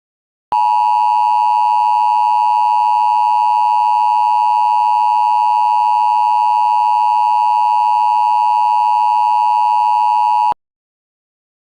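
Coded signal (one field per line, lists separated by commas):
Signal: Emergency Alert System (SAME) tones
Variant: 853 and 960 Hz attention tone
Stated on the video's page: Fictional EAS scenario using valid tones, extremely loud.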